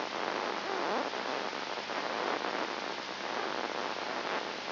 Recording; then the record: brain microelectrode recording played as sound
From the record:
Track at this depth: inside the subthalamic nucleus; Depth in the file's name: 5.5 mm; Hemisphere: left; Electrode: 2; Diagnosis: Parkinson's disease